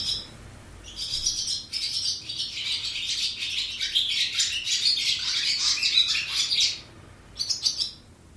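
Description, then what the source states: Barn Swallow nest calls: a sustained, busy stretch of high twittering and squeaky chatter lasting several seconds, then a short pause and a final burst. Swallow's nest in an old ice house in a small community on the west coast of Scotland.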